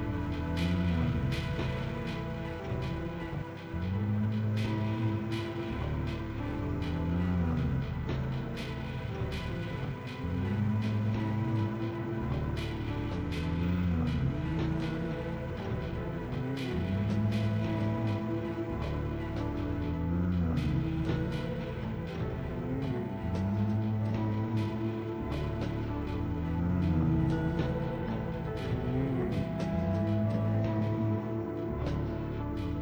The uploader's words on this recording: Walked between three points in Bergen, Norway. A soundcheck for an afternoon concert. Composed by blending their in-situ recordings with audio sampled from the vinyl singles.